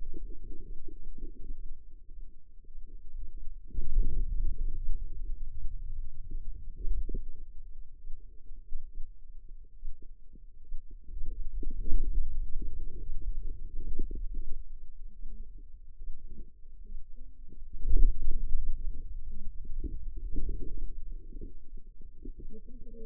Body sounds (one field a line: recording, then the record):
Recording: forearm muscle sounds (acoustic myography)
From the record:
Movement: hand opening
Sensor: system 2, bracelet of six BSWA MPA416 microphones around the upper forearm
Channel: 6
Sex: female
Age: 25 years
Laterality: right